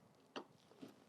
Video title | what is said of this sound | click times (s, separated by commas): EVM Tutorial Part 1 - Polling Day - Lok Sabha Election 2024 - 07 | আস্তে করে যদি এখানে ঢুকিয়ে যদি একটুখানি প্রেস করে দেন এটা খট করে আওয়াজ হবে তাহলে বুঝবেন | 0.4 s